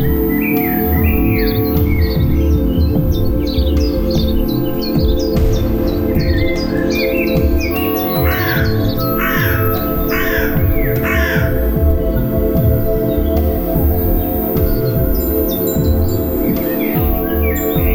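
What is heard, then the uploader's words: Birds chirp and sing throughout, with quick rising and falling calls, busiest around the middle, set against a steady, loud low rumble like traffic or machinery. Several birds overlap, and a faint high tone hangs in the background. Bird sounds recorded May 9, 2020 in Germany. I added some virtual noise.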